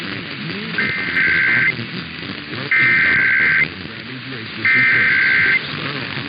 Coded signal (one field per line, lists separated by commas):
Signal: Emergency Alert System (SAME) tones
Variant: header bursts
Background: speech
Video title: Nebraska, Missouri and Georgia Tests (EAS #336-349) 4/16/24